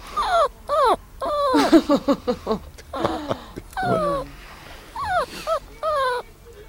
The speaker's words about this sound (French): a laissé toute l'interview du chien qui pleure.